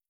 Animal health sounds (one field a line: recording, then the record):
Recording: hydrophone in a shrimp aquaculture tank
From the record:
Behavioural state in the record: starved